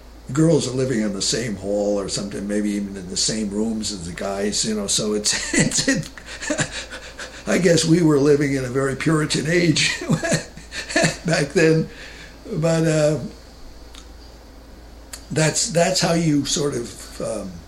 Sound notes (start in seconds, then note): 5.3 laughs; 9.7 laughs